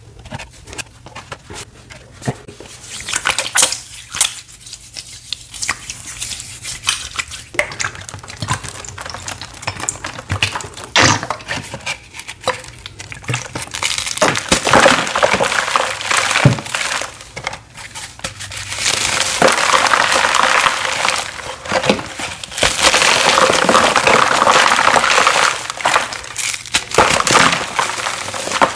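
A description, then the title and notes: Crispy green cornstarch crunchies being crushed and crumbled, giving dense, bright crackling and snapping in irregular bursts. Quieter gaps come near the start and around the middle, then the crunching thickens into a steadier, more continuous crackle from about 19 seconds on. Crispy green cornstarch crunchies. I had to crush them and reform them because the glitter used in these was waaaaayyyy too sharp.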